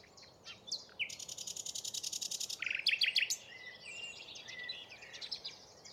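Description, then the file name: Common nightingale song: a few opening notes, then a long, fast, even rattle of repeated notes, then loud chirped notes and quieter whistled phrases. "Luscinia megarhynchos"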